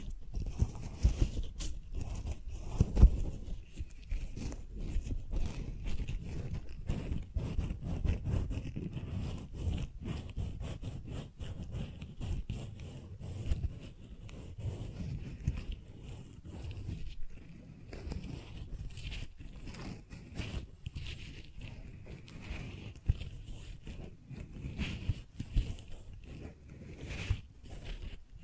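Tingly flower sounds made of constant crisp rustling and crinkling, like petals and stems being handled. Short snaps and crunches come thick and irregular throughout, with a soft low rumble underneath and a louder pop near the three-second mark.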